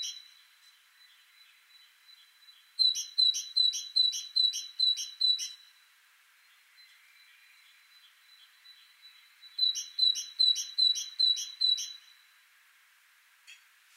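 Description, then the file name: Two bouts of great tit song, each about seven rapid high two-note phrases, separated by a few quiet seconds with faint background calls. "Parus major"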